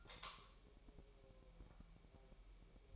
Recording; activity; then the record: daily activity, microphone in the room; light off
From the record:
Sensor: 1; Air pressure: 1001.9 hPa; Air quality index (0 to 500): 248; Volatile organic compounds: 54 ppm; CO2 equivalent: 3344 ppm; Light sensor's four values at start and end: 14/48/19/19 and 5/11/4/5